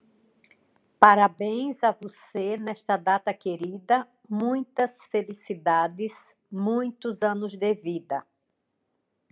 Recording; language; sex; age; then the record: short text; Brazilian Portuguese; female; 60 to 69 years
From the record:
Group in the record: control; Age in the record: 64 years